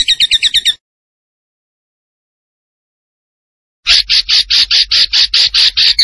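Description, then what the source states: Tembakan bird song: a brief rapid trill, a long silence, then a steady series of clipped, high notes at an even pace. Master recording used to train cage birds, featuring a gacor (vigorously singing) bird.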